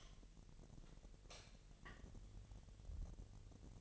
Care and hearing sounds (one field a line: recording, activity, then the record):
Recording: daily activity, microphone in the room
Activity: light on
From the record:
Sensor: 4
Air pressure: 1012.8 hPa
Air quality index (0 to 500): 247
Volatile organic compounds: 4 ppm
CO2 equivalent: 1644 ppm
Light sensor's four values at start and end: 14/33/13/13 and 16/39/16/16